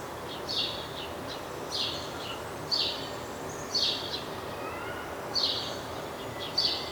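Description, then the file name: House sparrow giving loud, clipped chirps about once a second over a steady noisy background. "Passer domesticus"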